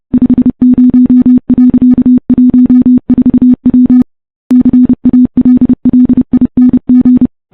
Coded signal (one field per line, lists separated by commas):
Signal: Morse code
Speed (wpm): 31 wpm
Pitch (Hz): 250 Hz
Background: none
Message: 50.14W CALLING